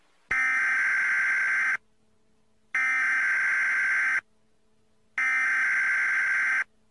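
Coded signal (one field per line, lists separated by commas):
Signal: Emergency Alert System (SAME) tones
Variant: header bursts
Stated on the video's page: Fictional Emergency Alert System tsunami scenario; simulated.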